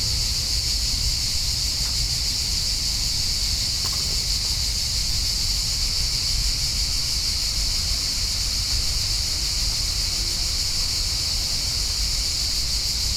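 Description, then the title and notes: Cicada chorus forms a continuous high-pitched shrill hum that never pauses, with faint low rumble underneath. Many cicadas calling at high volume in summer in Parque Vale do Silêncio, a park in Lisbon, Portugal; recorded binaurally with Church-audio microphones and a Zoom H4n. "Parque Vale do Silêncio, 1800 Lisbon, Portugal - Summer cicadas. High volume cicadas on the park"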